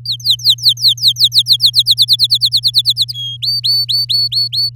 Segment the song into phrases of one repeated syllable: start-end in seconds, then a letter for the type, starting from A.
0.05-1.83 A, 1.86-3.13 B, 3.14-3.37 C, 3.42-4.70 D